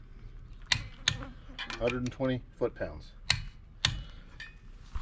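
A click-type torque wrench torques the last lug nuts on a trailer wheel to 120 ft-lb, and sharp clicks are heard at 3.3 s and 3.9 s. Someone talks between the clicks, and the torque is confirmed with the wheel done.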